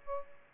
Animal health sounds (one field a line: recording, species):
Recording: mosquito wingbeat signal from an infrared sensor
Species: Aedes aegypti